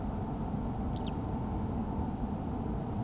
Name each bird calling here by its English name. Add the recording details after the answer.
Eurasian Skylark. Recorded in France